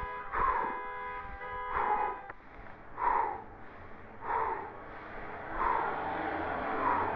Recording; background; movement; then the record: deep breathing; traffic; sitting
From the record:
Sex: male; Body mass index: 22.0 kg/m2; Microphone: on the chest, facing the body